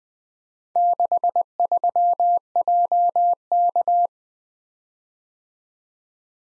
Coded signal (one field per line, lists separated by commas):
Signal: Morse code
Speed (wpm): 24 wpm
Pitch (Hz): 700 Hz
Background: none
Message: 63JK